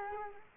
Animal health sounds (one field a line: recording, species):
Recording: mosquito wingbeat signal from an infrared sensor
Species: Culex quinquefasciatus